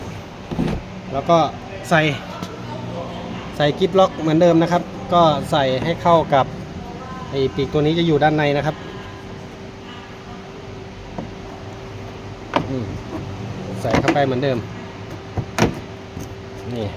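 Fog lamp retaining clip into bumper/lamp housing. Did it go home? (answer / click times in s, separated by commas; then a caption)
yes / 12.6 s. Someone talks while pushing the plastic retaining clip of a Nissan Navara pickup truck's fog lamp assembly in behind the inner tab of the bumper/lamp housing during a fog lamp bulb replacement. A sharp snap at 12.6 s marks the clip seating home and locking.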